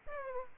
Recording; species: mosquito wingbeat signal from an infrared sensor; Aedes aegypti